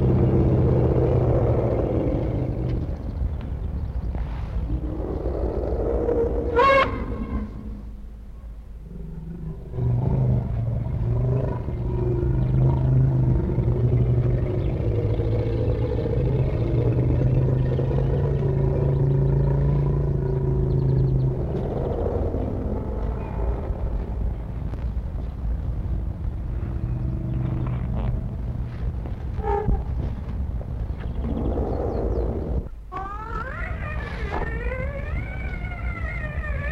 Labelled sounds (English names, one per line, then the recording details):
Asian Elephant
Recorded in captivity
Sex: male
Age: adult
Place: Zoo Berlin, Berlin, DE
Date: 1961-02-25 13:30
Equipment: Minifon, Kopie Smaragd
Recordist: Tembrock, Günter